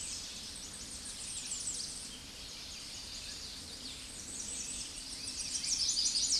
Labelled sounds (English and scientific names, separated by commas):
American Redstart (Setophaga ruticilla) song